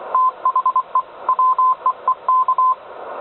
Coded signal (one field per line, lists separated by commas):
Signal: Morse code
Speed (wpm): 24 wpm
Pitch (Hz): 1030 Hz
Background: none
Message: THE WEEK